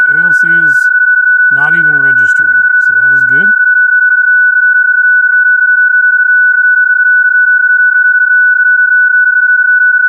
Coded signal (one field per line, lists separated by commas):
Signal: PSK31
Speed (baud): 31.25 baud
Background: speech